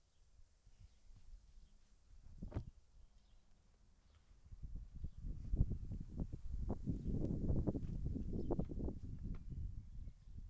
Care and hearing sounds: everyday scene through a hearing-aid microphone; wind on the microphone; wind, other noises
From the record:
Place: in front of a rural house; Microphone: behind the ear, left, rear

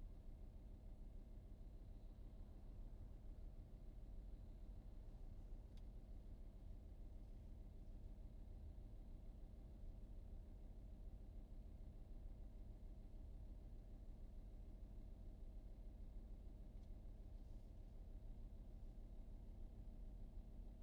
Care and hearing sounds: everyday scene through a hearing-aid microphone; in a vehicle; engine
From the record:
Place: VW T5 Caravelle, diesel engine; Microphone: in the ear canal, right

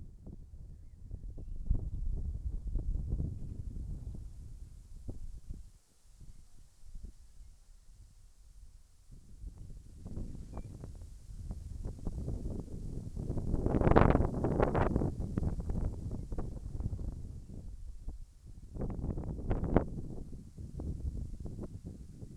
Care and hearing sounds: everyday scene through a hearing-aid microphone; wind on the microphone; wind, birds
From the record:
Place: in front of a rural house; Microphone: behind the ear, left, rear

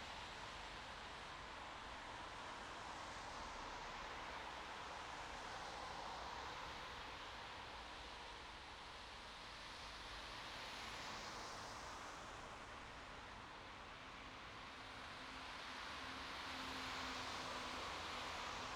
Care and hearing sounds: everyday scene through a hearing-aid microphone; in traffic; traffic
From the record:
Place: bus stop on a city main road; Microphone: in the ear canal, right

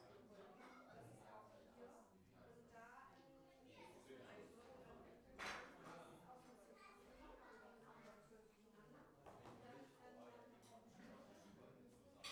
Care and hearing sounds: everyday scene through a hearing-aid microphone; many people talking; many voices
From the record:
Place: parish hall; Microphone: behind the ear, right, front

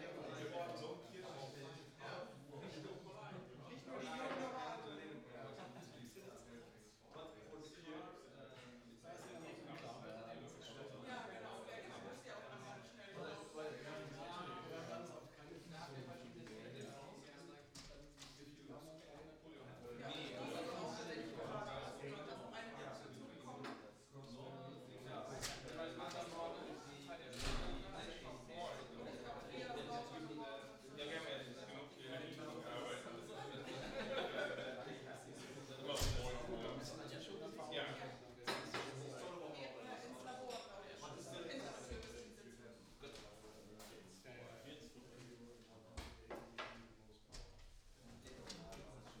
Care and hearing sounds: everyday scene through a hearing-aid microphone; many people talking; many voices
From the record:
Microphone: in the ear canal, right

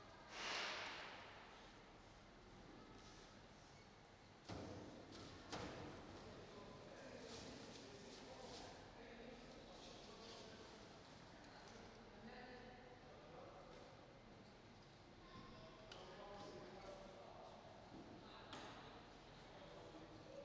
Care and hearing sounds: everyday scene through a hearing-aid microphone; reverberant space; background noise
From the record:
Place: railway station hall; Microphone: in the ear canal, right

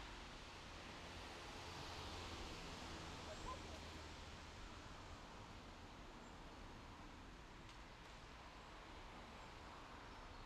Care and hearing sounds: everyday scene through a hearing-aid microphone; in traffic; traffic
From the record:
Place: main road on the outskirts, rush hour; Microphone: in the ear canal, left

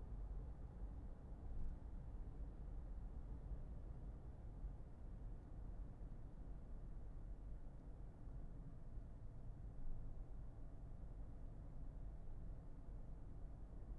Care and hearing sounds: everyday scene through a hearing-aid microphone; in a vehicle; engine, highway driving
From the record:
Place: Berlingo II, diesel engine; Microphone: behind the ear, left, front

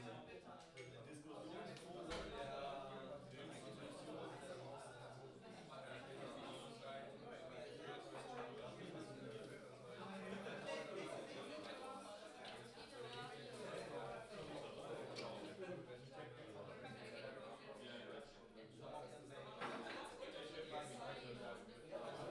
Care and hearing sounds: everyday scene through a hearing-aid microphone; many people talking; many voices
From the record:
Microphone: in the ear canal, left

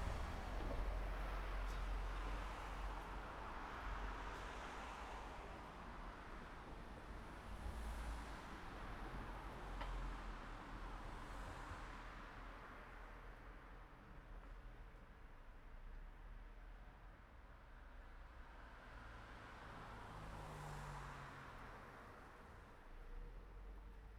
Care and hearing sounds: everyday scene through a hearing-aid microphone; in traffic; traffic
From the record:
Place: city secondary road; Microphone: behind the ear, right, rear

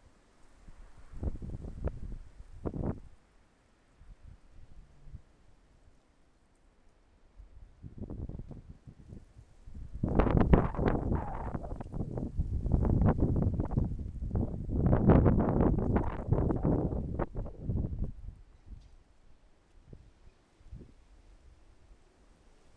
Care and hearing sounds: everyday scene through a hearing-aid microphone; wind on the microphone; wind, traffic, birds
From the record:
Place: suburban garden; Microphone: behind the ear, left, front

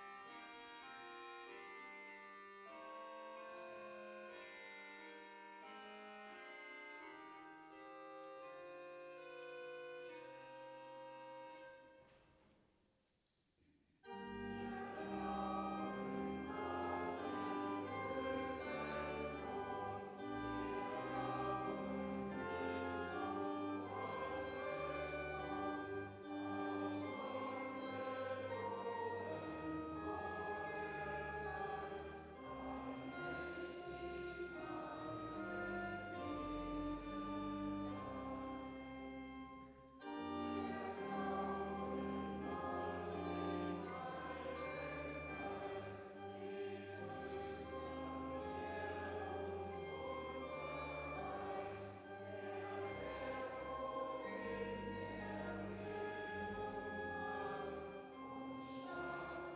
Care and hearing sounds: everyday scene through a hearing-aid microphone; reverberant space; music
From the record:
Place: church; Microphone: in the ear canal, left

